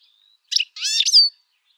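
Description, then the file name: European goldfinch giving a short, bright twittering call: a brief buzzy note then a liquid, tinkling phrase ending in a high slurred whistle. "Carduelis carduelis"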